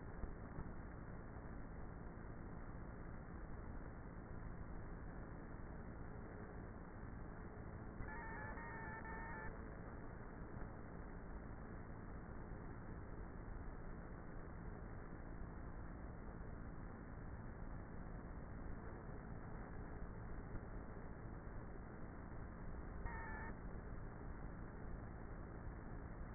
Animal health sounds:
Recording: honeybee colony, microphone inside the hive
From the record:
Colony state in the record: queenless with a low population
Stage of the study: before two queens were removed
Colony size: about 30,000 bees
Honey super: no

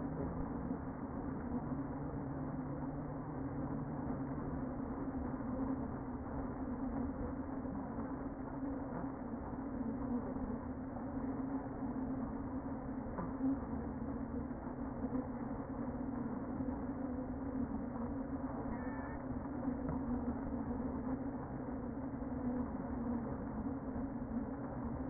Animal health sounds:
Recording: honeybee colony, microphone inside the hive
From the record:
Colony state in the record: queen present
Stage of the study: before two queens were removed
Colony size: about 60,000 bees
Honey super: yes

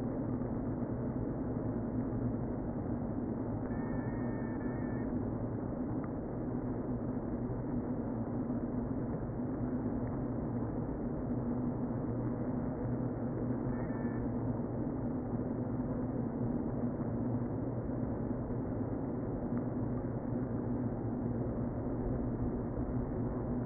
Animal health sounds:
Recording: honeybee colony, microphone inside the hive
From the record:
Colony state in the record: queen present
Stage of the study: before two queens were removed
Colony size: about 60,000 bees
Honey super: yes

